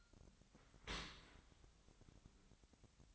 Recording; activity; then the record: daily activity, microphone in the room; open dishwasher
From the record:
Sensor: 3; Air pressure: 1003.1 hPa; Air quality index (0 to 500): 195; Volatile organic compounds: 6 ppm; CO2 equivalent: 1909 ppm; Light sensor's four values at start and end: 20/50/21/22 and 20/49/21/22